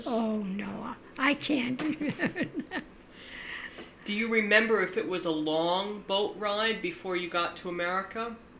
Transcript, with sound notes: Oh, no. I can't. (she laughs)
Do you remember if it was a long boat ride before you got to America?